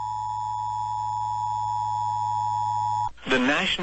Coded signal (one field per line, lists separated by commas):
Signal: Emergency Alert System (SAME) tones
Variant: 853 and 960 Hz attention tone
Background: speech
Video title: EAS Tornado Watch #5 Arkansas, Louisiana, and Mississippi NOAA Weather Radio